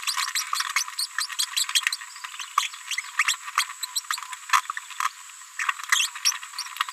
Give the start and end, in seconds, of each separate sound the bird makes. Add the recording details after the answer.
0.06-0.14, 0.35-0.41, 0.98-1.06, 1.20-1.26, 1.39-1.45, 1.56-1.64, 1.92-1.96, 2.58-2.68, 3.19-3.23, 3.28-3.34, 3.58-3.63, 3.83-3.86, 3.95-4.00, 4.10-4.17, 4.77-4.79, 5.59-5.65, 5.92-6.07, 6.25-6.31. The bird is a female. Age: 31 days. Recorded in a nest box in Venezuela. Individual 17B73B2